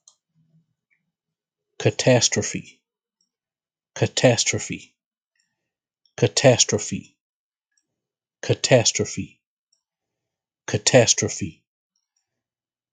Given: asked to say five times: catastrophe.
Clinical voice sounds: repeated word; male; 40 to 49 years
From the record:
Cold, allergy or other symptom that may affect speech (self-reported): no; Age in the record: 41 years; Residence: Texas, United States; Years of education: 16

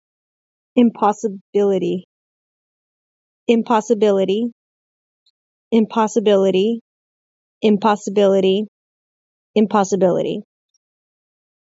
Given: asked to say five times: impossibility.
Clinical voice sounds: repeated word; female; 20 to 29 years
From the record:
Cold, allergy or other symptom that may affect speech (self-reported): no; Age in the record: 29 years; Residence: California, United States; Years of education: 8

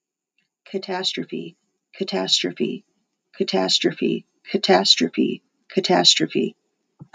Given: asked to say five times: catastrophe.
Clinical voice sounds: repeated word; female; 30 to 39 years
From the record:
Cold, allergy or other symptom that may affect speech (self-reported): no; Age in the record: 39 years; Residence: Utah, United States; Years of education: 12

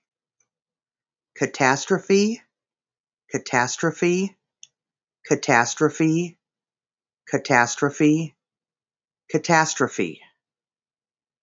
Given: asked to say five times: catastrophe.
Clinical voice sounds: repeated word; female; 50 to 59 years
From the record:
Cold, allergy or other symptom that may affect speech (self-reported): no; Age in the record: 53 years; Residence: Arizona, United States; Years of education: 12

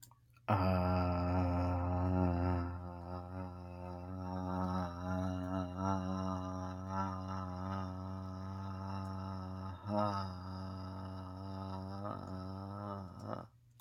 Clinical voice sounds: vowel held as long as possible; male; 30 to 39 years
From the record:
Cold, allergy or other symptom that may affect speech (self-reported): no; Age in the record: 38 years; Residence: Maryland, United States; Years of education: 14

